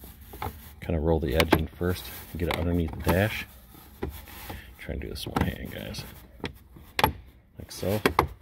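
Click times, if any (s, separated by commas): none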